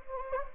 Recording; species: mosquito wingbeat signal from an infrared sensor; Anopheles gambiae